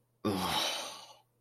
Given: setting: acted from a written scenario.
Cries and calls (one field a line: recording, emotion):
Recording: vocal sound without words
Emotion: shame